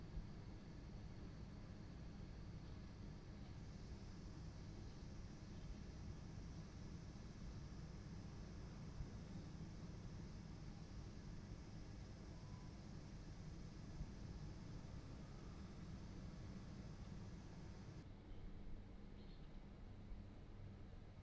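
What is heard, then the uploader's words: A summer outdoor scene on a mountain, filled with a steady, dense low rumble like traffic or an aircraft passing. The level barely changes throughout. A faint high hiss, perhaps insects, runs along the top until around 18 seconds, then drops away. 梅雨明けの高尾山 3:00 p.m. summer Mt. Takao. 高尾山6号線にて。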